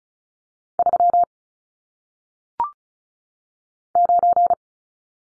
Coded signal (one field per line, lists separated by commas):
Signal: Morse code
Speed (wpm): 36 wpm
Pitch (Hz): 700 Hz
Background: none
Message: 3 9